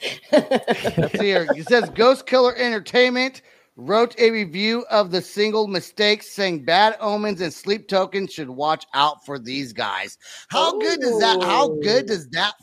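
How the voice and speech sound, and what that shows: An adult reads a short music review aloud in a clear, fluent, conversational voice with steady rhythm and natural pitch movement. There is one brief pause and a quick question at the end. This is typical speech with no disorder.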